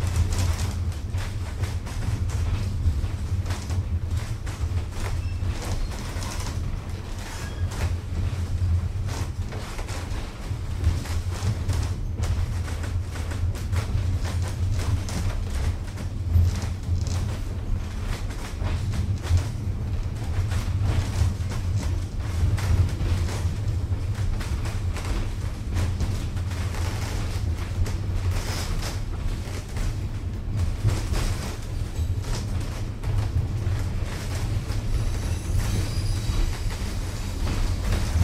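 A train rolls along steadily, its heavy low rumble holding at an even level for the whole stretch. Dense rattling and clicking from the carriages and wheels run through it constantly, with brief sharper knocks scattered throughout and no pauses.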